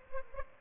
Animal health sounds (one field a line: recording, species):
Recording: mosquito wingbeat signal from an infrared sensor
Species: Aedes albopictus